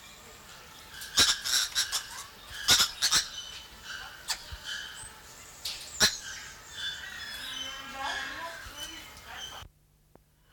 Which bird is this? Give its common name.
Green Woodhoopoe